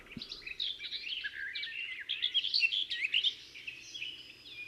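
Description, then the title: Garden warbler delivering a steady, rapid warble of soft rolling notes and brief chatters, with a short low thump near the start. "La Fauvette des jardins"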